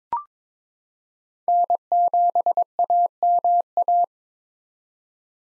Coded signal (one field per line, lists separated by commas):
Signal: Morse code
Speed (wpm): 22 wpm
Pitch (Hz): 700 Hz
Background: none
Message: N7AMA